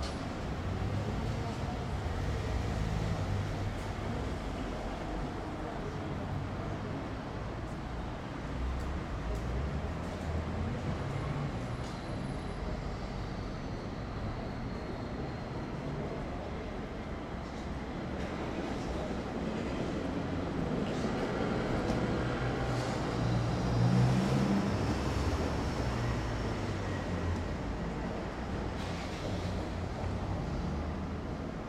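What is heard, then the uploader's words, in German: Busy train station life: a steady low rumble of trains and movement runs throughout, with murmuring voices mixed in. Brief clatters and thuds come and go, and the sound swells a little around the middle before settling again. Bahnhofleben.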